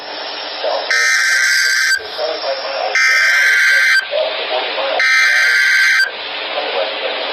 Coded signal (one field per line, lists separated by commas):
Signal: Emergency Alert System (SAME) tones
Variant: header bursts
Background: speech